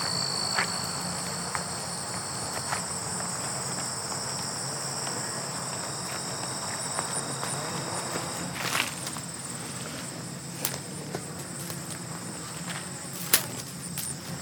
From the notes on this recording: the crisp sounds of walking on gravel and whispers of grasshoppers from this mid-September trek through the Highland Trails